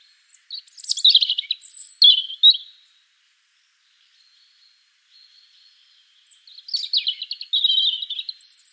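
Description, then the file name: European robin song in two bursts: high whistles and tumbling warbles, a quiet gap, then another rippling phrase ending on a thin high note. "Erithacus rubecula"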